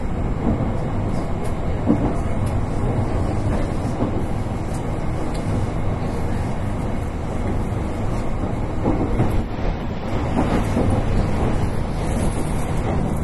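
Running sound of an 813 series electric train on a rapid service on the Kagoshima Line. A dense, steady low rumble and rattle holds throughout at an even level, with brief clicks and knocks around two seconds and again near nine to ten seconds.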